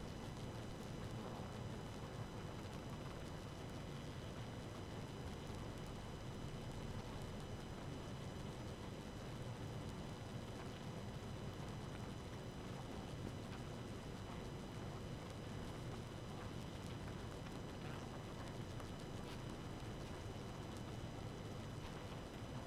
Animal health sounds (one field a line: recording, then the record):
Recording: honeybee colony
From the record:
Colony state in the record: active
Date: 12 June 2018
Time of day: 1:06